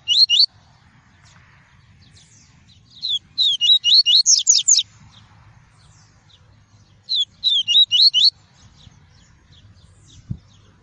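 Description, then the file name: Double-collared seedeater repeating short phrases of rapid, high, zigzagging whistles every few seconds, with a faint thump near the end. "tui-tui" song variety. "canto do papa capim tui tui"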